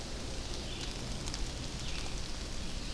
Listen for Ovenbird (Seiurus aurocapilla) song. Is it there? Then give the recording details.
no. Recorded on 24 June 2016 at 07:45. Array SBT-6-76